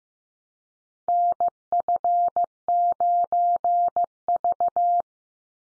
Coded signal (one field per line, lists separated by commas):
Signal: Morse code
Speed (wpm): 15 wpm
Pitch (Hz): 700 Hz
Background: none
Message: NF9V